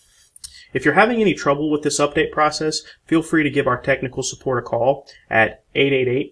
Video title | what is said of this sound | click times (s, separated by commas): Diesel Handheld Software Update | sd card in the bottom until it clicks | 0.4 s